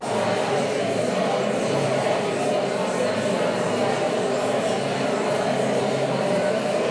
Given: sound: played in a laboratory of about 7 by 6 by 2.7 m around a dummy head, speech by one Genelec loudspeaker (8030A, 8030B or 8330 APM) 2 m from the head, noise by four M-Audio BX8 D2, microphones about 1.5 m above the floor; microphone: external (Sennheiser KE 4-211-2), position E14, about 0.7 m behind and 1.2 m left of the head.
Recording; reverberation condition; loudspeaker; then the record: babble noise; high; four, about 170 cm from the corners of the room and facing them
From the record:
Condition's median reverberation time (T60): about 1300 ms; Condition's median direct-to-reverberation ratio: about -4.0 dB